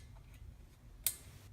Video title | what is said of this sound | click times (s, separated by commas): Trumpet valves: clean and oil | little click and then screw on your top | 1.1 s